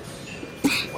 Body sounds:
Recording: coughing mixed with background sound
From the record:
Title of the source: 64 coughing, allergies, singing lungs

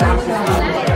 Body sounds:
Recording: background sound without coughing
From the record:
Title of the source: Nightlife Party Simulating Party Club Noise 1 Hour

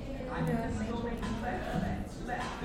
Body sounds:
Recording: background sound without coughing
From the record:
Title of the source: 60 minutes of coffee shop sounds for study and concentration

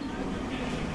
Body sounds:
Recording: coughing mixed with background sound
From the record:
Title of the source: choking, hacking coughing

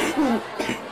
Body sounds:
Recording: coughing mixed with background sound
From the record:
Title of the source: 61 morning phlegmy cough...again

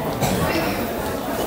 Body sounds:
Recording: background sound without coughing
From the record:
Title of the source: 40 min - Ambience sounds UNIVERSITY lunchroom chatting

